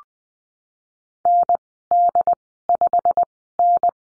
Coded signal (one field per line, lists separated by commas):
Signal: Morse code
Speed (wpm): 20 wpm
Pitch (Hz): 700 Hz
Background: none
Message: ND5N